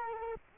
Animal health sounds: mosquito wingbeat signal from an infrared sensor; Culex quinquefasciatus

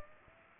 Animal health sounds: mosquito wingbeat signal from an infrared sensor; Aedes aegypti

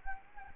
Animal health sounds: mosquito wingbeat signal from an infrared sensor; Anopheles gambiae

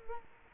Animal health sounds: mosquito wingbeat signal from an infrared sensor; Culex quinquefasciatus

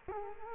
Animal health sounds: mosquito wingbeat signal from an infrared sensor; Culex quinquefasciatus

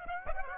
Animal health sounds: mosquito wingbeat signal from an infrared sensor; Aedes aegypti

